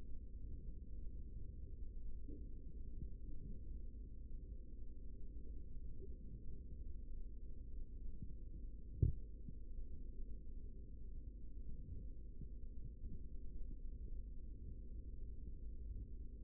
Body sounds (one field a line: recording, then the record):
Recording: forearm muscle sounds (acoustic myography)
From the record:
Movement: rest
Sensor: system 3, bracelet of six PUI Audio POM-2738L microphones around the upper forearm, with dedicated amplification and filtering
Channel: 5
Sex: male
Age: 55 years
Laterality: right